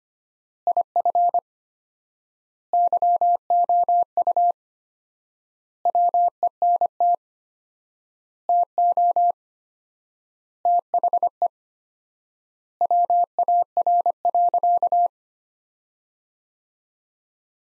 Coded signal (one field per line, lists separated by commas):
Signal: Morse code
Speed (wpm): 25 wpm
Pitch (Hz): 700 Hz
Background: none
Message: IF YOU WENT TO THE WAR.